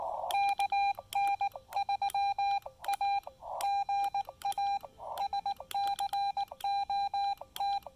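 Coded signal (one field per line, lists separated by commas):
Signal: Morse code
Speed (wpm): 19 wpm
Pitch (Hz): 800 Hz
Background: none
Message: KN3A GA SCOT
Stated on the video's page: Sent during a casual trailside QRP park activation using a Xiegu X5105 with a PackTenna 9:1 unun antenna.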